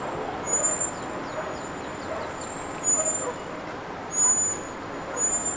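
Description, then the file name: Common blackbird giving high, thin seee calls at uneven intervals against constant background noise. "Turdus merula"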